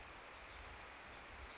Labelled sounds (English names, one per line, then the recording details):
Pacific Wren
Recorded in Sonoma County, California